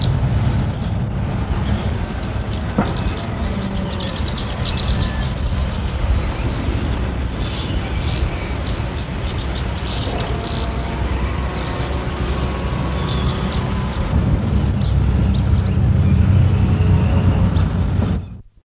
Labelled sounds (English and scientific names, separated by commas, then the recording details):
Eurasian Crag Martin (Ptyonoprogne rupestris) call
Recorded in the wild
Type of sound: call
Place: Steiermark, AT
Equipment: Halbspur, 9,5 cm/s
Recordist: Lütgens, Hans
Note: Rufe